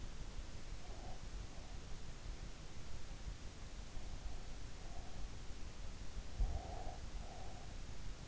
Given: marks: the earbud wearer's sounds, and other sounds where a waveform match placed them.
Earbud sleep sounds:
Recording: sounds in sleep by an in-ear microphone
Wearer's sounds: breath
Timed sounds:
0.73-1.87 s: breath
3.76-5.35 s: breath
6.33-7.89 s: breath

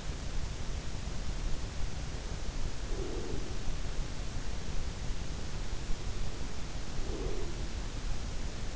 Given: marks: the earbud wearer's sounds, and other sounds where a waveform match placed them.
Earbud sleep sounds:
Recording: sounds in sleep by an in-ear microphone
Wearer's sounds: breath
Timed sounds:
2.09-3.94 s: breath
6.76-8.00 s: breath

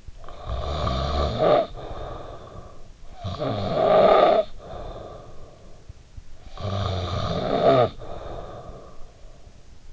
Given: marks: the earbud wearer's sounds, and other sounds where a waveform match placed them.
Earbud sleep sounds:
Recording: sounds in sleep by an in-ear microphone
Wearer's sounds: snoring breath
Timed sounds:
0.00-5.98 s: snoring breath
6.14-9.42 s: snoring breath

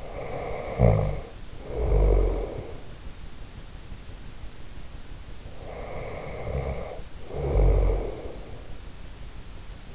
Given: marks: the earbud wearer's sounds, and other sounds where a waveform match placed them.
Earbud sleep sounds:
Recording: sounds in sleep by an in-ear microphone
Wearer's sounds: snoring breath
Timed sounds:
0.00-2.80 s: snoring breath
5.54-8.54 s: snoring breath

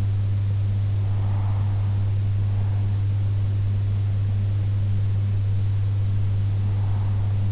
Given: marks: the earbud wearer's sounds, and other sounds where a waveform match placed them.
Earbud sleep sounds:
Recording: sounds in sleep by an in-ear microphone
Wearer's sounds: breath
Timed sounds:
0.52-2.52 s: breath
6.17-7.52 s: breath

